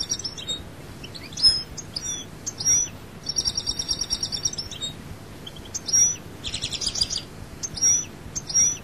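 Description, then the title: European goldfinch song, sparse high chirps and clipped whistles broken by short rapid trills, the twittering returning in bursts. "Chant Chardonneret"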